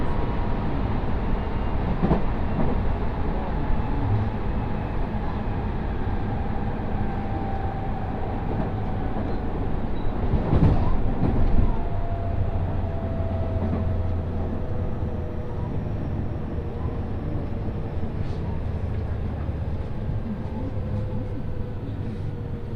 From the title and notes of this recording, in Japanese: 耳で楽しむ鉄道旅 東海道本線新快速 草津→新大阪。